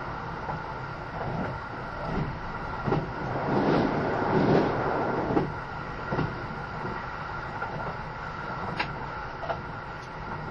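Onboard sound of a Kintetsu Series 80000 Hinotori express train running between Kintetsu Nagoya and Isuzugawa. A steady low rumble and hiss continue throughout, swelling around the fourth second, with short rail clicks and thumps at irregular intervals.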